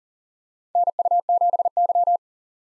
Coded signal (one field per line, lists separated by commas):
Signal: Morse code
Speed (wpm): 40 wpm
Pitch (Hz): 700 Hz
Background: none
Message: NU7Y